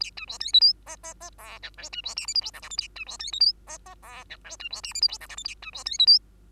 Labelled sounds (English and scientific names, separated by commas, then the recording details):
Bengalese Finch (Lonchura striata domestica) song
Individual Bird2